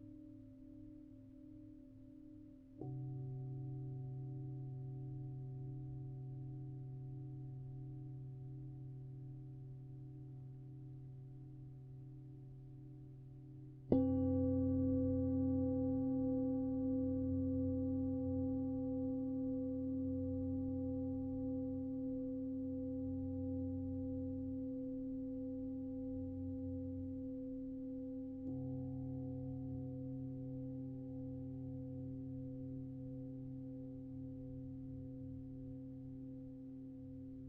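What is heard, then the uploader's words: Singing bowls ring in long, sustained tones that slowly fade. A soft strike near three seconds, a louder, brighter one at about fourteen seconds and a gentler one near twenty-nine each renew the sound, with a low throbbing wobble beneath the steady ringing. We used our singing bowls sounds.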